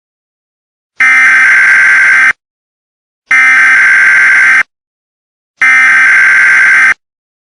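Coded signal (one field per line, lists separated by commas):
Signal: Emergency Alert System (SAME) tones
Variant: header bursts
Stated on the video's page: Fictional EAS scenario about severe winter storms and a snow tornado, not a real alert.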